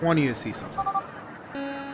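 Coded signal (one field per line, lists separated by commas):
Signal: none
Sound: game sound effects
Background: speech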